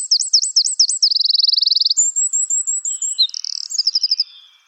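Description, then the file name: Eurasian wren singing: quick zigzag notes give way to a fast rattling trill, then thin high whistles and a closing run of short chips. "Troglodytes troglodytes"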